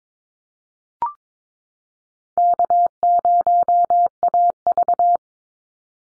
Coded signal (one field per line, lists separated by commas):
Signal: Morse code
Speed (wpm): 22 wpm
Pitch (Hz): 700 Hz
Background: none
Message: K0AV